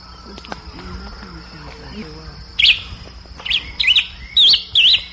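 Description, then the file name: Bird calls: a string of high, wavering chirps in the second half, after soft low notes at the start; a steady hum runs underneath. "SABIOD"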